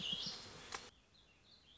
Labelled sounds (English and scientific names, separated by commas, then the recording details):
Warbling Vireo (Vireo gilvus)
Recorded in Sonoma County, California